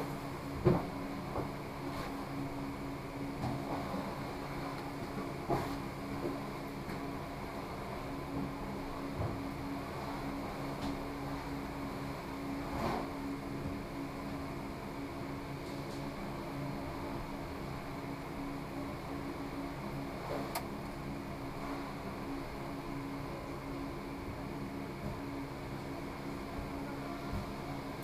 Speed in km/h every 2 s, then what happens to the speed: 2, 3, 3, 3, 3, 3, 3, 2, 1, 1, 1, 1, 1, 1.
0-15 steady at about 3. 15-28 standing.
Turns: none.